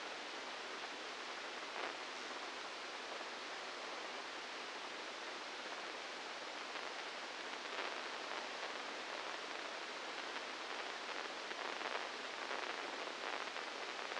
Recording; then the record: brain microelectrode recording played as sound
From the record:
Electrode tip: inside the subthalamic nucleus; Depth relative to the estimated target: -3 mm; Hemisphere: left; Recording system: NeuroSet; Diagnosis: Parkinson's disease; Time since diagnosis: 15 years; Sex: female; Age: 59 years